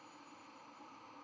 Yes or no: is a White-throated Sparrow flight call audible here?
no